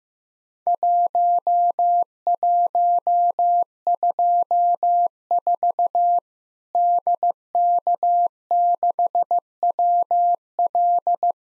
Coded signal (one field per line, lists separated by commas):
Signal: Morse code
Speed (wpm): 16 wpm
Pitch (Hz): 700 Hz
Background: none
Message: 1124 DK6WL